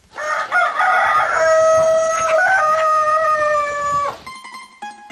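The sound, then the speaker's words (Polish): At the runs and henhouses of a poultry breeder in Wenecja, a village in the Pałuki region of Poland, a rooster lets out a long, loud crow that holds steady in pitch for several seconds. A few shorter clucks and squawks from hens follow, with no one speaking. “Kiedy ja na przykład przechodzę sobie koło tych wybiegów, kurników, to one tak zagdaszą”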